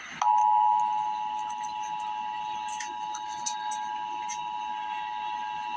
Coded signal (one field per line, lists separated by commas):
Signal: Emergency Alert System (SAME) tones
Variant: 853 and 960 Hz attention tone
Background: speech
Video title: Emergency Alert System - Winter Weather Advisory - Feb 22, 2026 at 1:00 PM EST